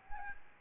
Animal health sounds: mosquito wingbeat signal from an infrared sensor; Aedes albopictus

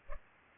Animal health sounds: mosquito wingbeat signal from an infrared sensor; Culex pipiens

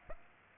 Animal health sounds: mosquito wingbeat signal from an infrared sensor; Aedes aegypti

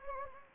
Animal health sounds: mosquito wingbeat signal from an infrared sensor; Anopheles gambiae

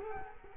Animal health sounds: mosquito wingbeat signal from an infrared sensor; Culex quinquefasciatus

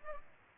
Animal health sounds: mosquito wingbeat signal from an infrared sensor; Culex pipiens

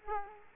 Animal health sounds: mosquito wingbeat signal from an infrared sensor; Culex quinquefasciatus

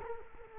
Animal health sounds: mosquito wingbeat signal from an infrared sensor; Culex quinquefasciatus

